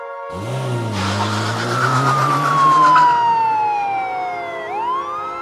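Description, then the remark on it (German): A police car siren wails loudly with a long, slow downward glide that turns upward again near the end, over the deep rumble of a revving vehicle engine, as the police car chases a pickup truck. “schießt plötzlich ein Pickup an ihm vorbei. Casey nimmt die Verfolgung auf.”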